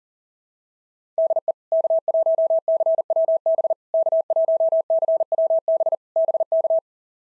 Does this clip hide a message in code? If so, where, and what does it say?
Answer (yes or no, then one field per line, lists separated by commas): yes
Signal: Morse code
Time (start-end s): 1.2-6.8 s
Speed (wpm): 37 wpm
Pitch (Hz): 650 Hz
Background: none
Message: DE K1CWB K1CWB BK